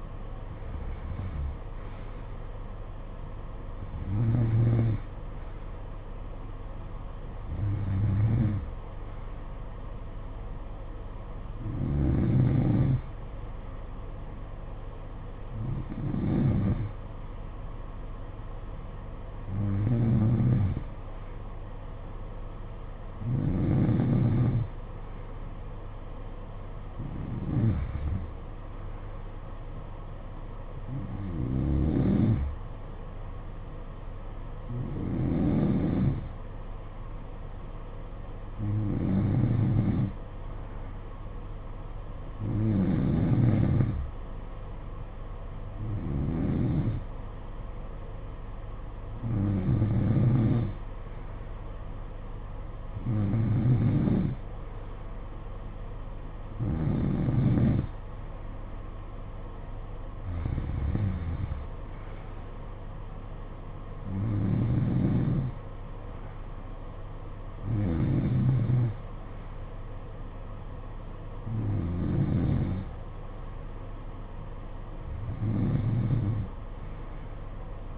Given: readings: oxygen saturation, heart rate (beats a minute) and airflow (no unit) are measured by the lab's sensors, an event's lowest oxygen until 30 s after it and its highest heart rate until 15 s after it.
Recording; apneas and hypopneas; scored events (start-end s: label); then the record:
breathing in sleep by a smartphone at the bedside; 1
21.00-44.00 s: hypopnea (N2, oxygen 94% highest, then 91% lowest, heart rate 56 at the start, 63 highest)
From the record:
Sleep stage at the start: N2 (light sleep); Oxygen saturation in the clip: 91 to 94%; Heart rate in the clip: 52 to 64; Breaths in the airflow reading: 21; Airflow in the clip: -10.7 to 7.4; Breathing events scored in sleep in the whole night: 476 in 9.7 hours asleep